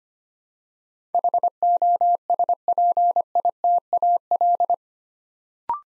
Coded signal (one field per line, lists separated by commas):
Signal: Morse code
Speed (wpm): 25 wpm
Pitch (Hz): 700 Hz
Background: none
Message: HOSPITAL